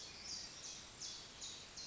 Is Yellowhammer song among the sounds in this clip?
no